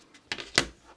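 A snap-on back panel is pressed down along its edges into a plastic coaster frame. Sharp clicks are heard at 0.3 s and 0.6 s, the second the loudest, with fainter taps around them. The back edges seat home in the frame.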